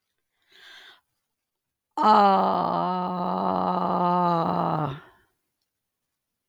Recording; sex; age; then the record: vowel held as long as possible; female; 70 to 79 years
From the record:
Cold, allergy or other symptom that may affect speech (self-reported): no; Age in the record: 77 years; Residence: South Carolina, United States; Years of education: 14